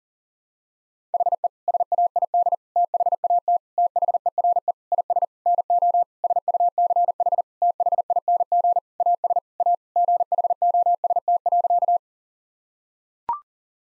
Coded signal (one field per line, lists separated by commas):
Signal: Morse code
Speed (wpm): 37 wpm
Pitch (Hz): 700 Hz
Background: none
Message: HE SAID THAT THERE IS NO SUCH THING AS A GHOST.